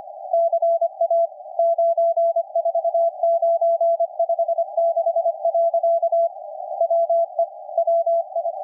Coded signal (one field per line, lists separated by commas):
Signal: Morse code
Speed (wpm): 25 wpm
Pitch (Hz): 670 Hz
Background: none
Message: CA 94956. WE WI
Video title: KPH San Francisco Radio. California. USA. 17.016 5 kHz CW. RSPdx. SdrUno. Fldigi.